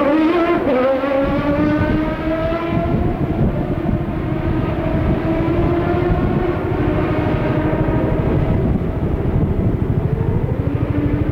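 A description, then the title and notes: A racing car's engine roars past, its pitch sliding down steadily as it passes, with a dense rumble throughout and another rising whine near the end. The Sounds of CART IndyCar at Detroit, 1990. Trackside sounds of the CART IndyCar Series as it raced around downtown Detroit on the former Formula 1 circuit. There’s also the distinct grunt and wail from the 3.4-liter single-turbo Buicks in action around the tight 2.5-mile street layout.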